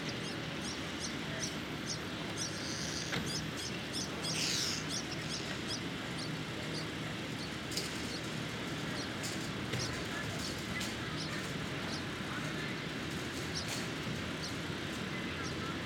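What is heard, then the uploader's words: A morning street in Brooklyn, with a steady, dense rumble of traffic and murmuring that holds level for the whole stretch. Short, bright bird chirps flick across the top throughout, and a brief hissing burst rises around the four-second mark. Brooklyn Morning, Street.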